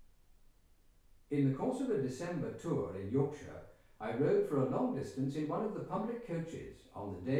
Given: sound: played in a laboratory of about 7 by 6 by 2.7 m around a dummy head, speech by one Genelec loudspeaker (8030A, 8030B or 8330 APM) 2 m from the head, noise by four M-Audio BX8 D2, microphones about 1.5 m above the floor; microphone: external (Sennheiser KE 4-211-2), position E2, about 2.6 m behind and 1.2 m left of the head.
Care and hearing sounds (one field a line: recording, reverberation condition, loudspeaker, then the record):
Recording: male speech in English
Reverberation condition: medium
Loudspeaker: 90 degrees to the left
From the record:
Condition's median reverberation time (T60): about 510 ms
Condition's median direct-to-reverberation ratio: about -0.5 dB